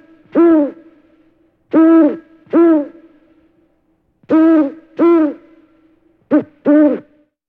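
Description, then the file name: Owl hooting: rich, hollow hoots, mostly in loose pairs, the last pair a short note followed by a longer one, with a faint steady hum between them. "Eule"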